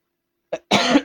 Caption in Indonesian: Gue lagi agak bindeng, jadi kalau misalnya kalian dengar gue beberapa kali batuk dan suaranya agak sedikit bindeng.